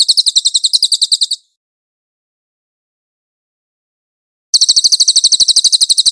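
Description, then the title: Cililin trilling: a high, rapid pulsed phrase fades out, a three-second silence follows, then another sharp trill begins. Master (tutor) song of the cililin, clear audio. "MASTER SANGAT BAGUS SUARA BURUNG CILILIN, AUDIO JERNIH"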